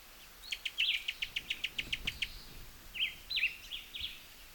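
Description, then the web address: Cuban tody calls: a quick run of about a dozen clicking notes, followed by a few brief chirped phrases. "sound Cuban-tody. صدای-پرنده-تودی-کوبایی"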